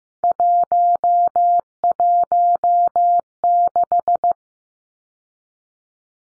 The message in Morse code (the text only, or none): 116